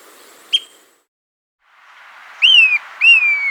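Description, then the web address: Pale-edged Flycatcher call: a short high note, then two drawn-out whistles that rise briefly and slide slowly downward. Recorded in South America. "Natures Songs S America Pale-Edged Flycatcher"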